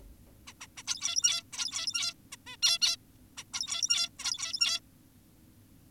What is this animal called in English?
Zebra Finch